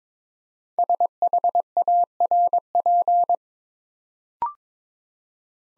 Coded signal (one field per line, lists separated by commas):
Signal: Morse code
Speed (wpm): 22 wpm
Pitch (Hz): 700 Hz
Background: none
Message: SHARP